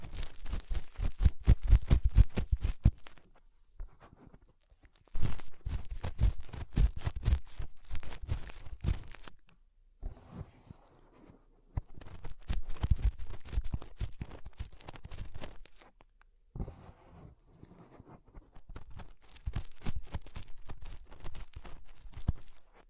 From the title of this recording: Inner Ear Cleaning Using Fingers